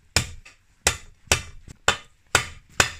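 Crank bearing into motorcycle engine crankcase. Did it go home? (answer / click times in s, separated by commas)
no / none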